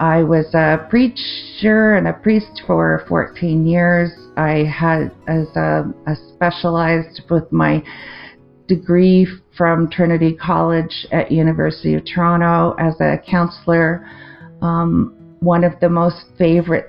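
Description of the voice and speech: Slow, halting speech from an adult woman with aphasia after a stroke affecting the language centre of the left brain, with drawn-out fillers, long pauses and a garbled phrase, reflecting difficulty finding words and forming sentences.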